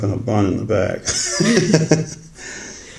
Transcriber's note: laugher